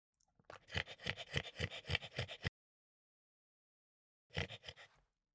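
French bulldog gasping and snorting in a quick burst of rough breaths, a pause of silence, then a short second burst.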